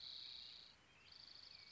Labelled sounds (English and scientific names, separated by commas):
Spotted Towhee (Pipilo maculatus)